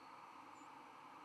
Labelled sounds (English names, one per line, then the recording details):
White-throated Sparrow flight call
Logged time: 02:48 on 11 November 2014